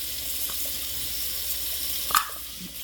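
A metal filter plate with its rubber gasket is pushed down into the upper chamber of a moka pot until it snaps in at one of its three spots. Over a steady background hiss, a single sharp snap sounds at 2.2 s. The filter plate is seated in place.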